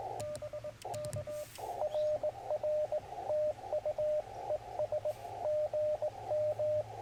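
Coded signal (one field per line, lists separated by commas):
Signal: Morse code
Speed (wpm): 21 wpm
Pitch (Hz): 600 Hz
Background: radio noise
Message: BK RR TU ES GM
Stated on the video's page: CW in a Parks on the Air activation, sent with a BaMaKeY TP-III paddle on a Yaesu FT-891 with a Yaesu ATAS-120A antenna.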